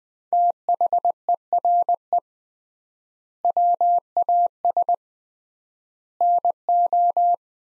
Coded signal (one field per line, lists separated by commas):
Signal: Morse code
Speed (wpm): 20 wpm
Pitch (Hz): 700 Hz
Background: none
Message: THERE WAS NO